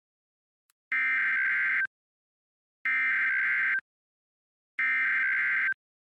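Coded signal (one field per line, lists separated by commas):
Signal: Emergency Alert System (SAME) tones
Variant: header bursts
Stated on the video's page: Fictional EAS scenario about a blizzard.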